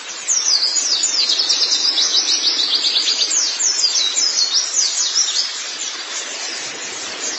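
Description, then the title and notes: White-eye song, quick high twittering phrases in the first five seconds, then fading to softer chatter. "Kicauan Burung Pleci Durasi Panjang. Suara kicauan burung pleci"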